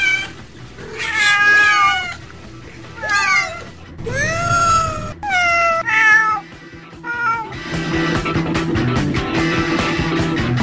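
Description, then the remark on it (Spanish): Twelve cats on a roof meow over one another in long, wavering, high-pitched cries, some drawn out into yowls, building into a dense, continuous chorus of overlapping meows toward the end. No one speaks. “¿Qué hacen 12 gatos en un tejado?”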